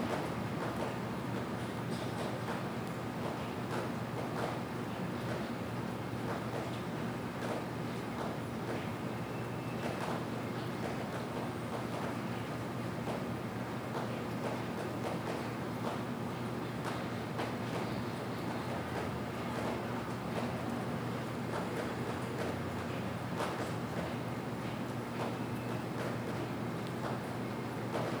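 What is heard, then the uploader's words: A city settling into night, heard as a steady, dense wash of traffic with a constant low hum underneath. Faint scattered clicks and small sounds surface now and then, but the level stays even throughout, with no single event standing out. When the city slowly falls asleep. PingTung, Taiwan.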